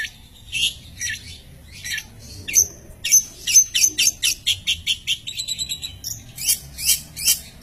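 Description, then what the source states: Long-tailed shrike singing, with spaced thin high chirps building into a quicker series of sharp, ringing notes and scratchy phrases. Masteran recording used to train songbirds, presenting various kinds of chirping bird song.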